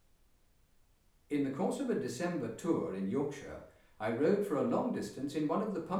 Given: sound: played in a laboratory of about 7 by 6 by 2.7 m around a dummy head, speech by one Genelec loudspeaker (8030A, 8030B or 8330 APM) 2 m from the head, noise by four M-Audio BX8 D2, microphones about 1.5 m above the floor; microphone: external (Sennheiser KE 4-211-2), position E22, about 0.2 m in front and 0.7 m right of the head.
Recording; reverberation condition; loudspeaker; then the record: male speech in English; medium; 60 degrees to the left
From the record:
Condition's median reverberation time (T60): about 510 ms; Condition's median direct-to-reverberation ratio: about -0.5 dB